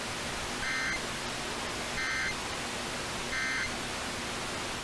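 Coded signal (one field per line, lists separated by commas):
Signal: Emergency Alert System (SAME) tones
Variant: end-of-message bursts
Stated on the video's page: Required Monthly Tests recorded directly from a cable box with a low-quality capture device.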